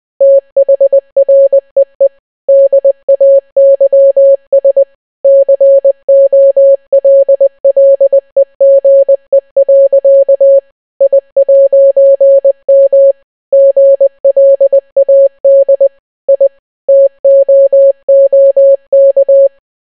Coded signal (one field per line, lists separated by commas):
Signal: Morse code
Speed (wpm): 20 wpm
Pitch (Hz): 550 Hz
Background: none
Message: THREE DAYS COLLEGE. I'M GLAD I TOOK